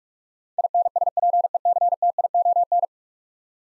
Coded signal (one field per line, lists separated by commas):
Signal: Morse code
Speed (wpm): 46 wpm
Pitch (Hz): 700 Hz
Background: none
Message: INSPECTION